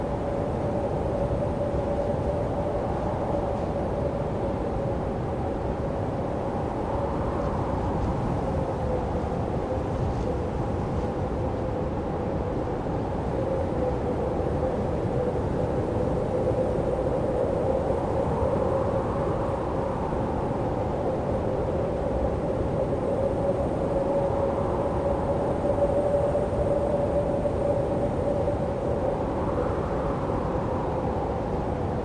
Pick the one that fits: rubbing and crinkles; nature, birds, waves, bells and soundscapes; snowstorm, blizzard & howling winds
snowstorm, blizzard & howling winds